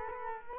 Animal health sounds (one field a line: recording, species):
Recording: mosquito wingbeat signal from an infrared sensor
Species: Culex quinquefasciatus